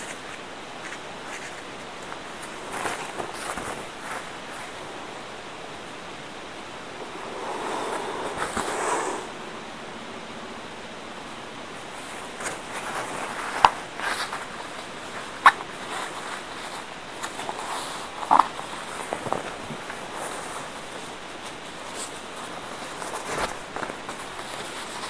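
Napkin roses are folded and shaped, with soft paper rustling and crinkling over a steady quiet hiss. A fuller crumpling passage comes around seven to nine seconds, and a few sharp little taps or clicks follow later.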